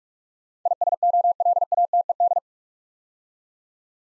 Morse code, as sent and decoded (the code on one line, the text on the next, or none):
.. ... --- .-.. .- - . -..
ISOLATED